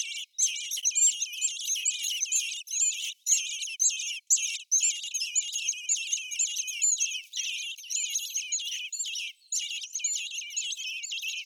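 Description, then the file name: Common blackbird calls, almost continuous: squeaky chirps pour out in long runs, broken by only a few short gaps. "Turdus merula"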